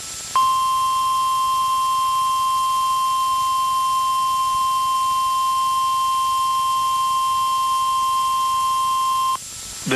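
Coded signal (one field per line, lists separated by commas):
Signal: Emergency Alert System (SAME) tones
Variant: 1050 Hz attention tone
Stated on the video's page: Real alerts received during a severe weather outbreak.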